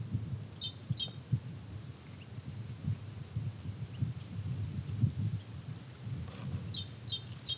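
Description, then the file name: Great tit calls: two or three quick, high downslurred chirps open and close the recording, with a low throbbing rumble in between. "Parus major"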